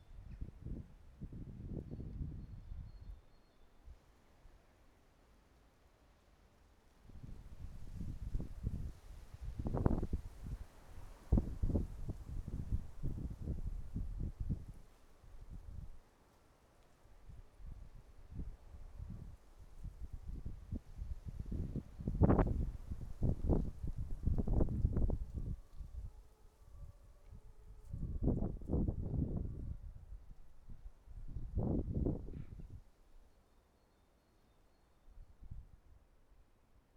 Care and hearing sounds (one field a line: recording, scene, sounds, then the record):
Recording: everyday scene through a hearing-aid microphone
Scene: wind on the microphone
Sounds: wind, traffic, siren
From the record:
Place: suburban garden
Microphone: behind the ear, right, front